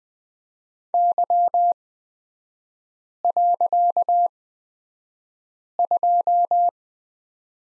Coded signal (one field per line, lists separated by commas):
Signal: Morse code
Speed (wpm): 20 wpm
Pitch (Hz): 700 Hz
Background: none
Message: Y.2